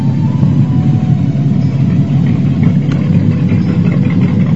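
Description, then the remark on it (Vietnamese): A ship's heavy engine chugs steadily throughout as the ship gets under way, a dense low rumble with a continuous mechanical drone and no pauses, holding an even loudness from start to finish. “Mấy người phu tàu đã bắt đầu mở đòi, máy tàu đã chuyển động xình xịch, làm át cả những tiếng nói chuyện ồn ào của hành khách.”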